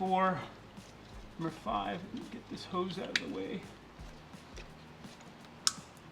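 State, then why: Seated. A wiring harness connector is pushed onto ignition coil number 5 of an Audi RS3/TT RS after a hose is moved aside. Someone talks over soft handling noises, then a sharp click at 5.7 s. The connector seats and is confirmed done.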